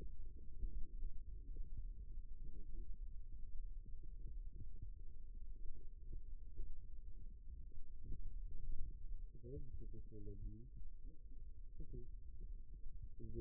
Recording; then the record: forearm muscle sounds (acoustic myography)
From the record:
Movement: rest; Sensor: system 2, bracelet of six BSWA MPA416 microphones around the upper forearm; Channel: 3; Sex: male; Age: 22 years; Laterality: right